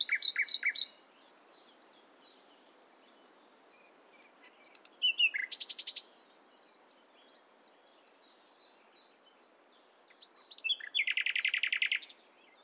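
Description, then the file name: Common nightingale song in three short bursts of rapid rattling, repeated notes separated by pauses with faint high chirps. "Luscinia megarhynchos"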